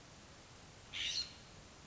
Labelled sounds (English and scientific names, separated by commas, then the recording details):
California Scrub-Jay (Aphelocoma californica)
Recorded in Sonoma County, California